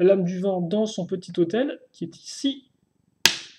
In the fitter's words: ça fait un bon petit clic ça et enferme thonade donc